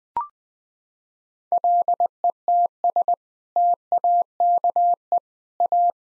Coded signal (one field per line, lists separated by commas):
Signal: Morse code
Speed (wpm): 20 wpm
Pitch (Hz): 700 Hz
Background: none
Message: LETS TAKE A